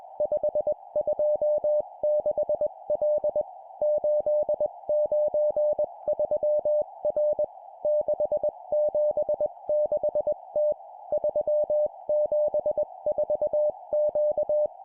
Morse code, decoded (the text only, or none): 526L 893R 676T 374Q